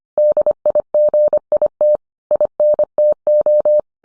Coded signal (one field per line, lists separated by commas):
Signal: Morse code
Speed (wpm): 25 wpm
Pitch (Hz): 600 Hz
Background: none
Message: DIGIT INTO